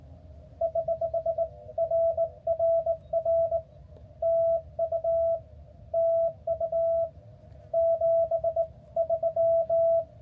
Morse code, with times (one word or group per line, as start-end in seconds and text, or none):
0.6-3.6 <HH>RRR
4.2-5.4 TU
5.9-7.1 TU
7.7-10.0 73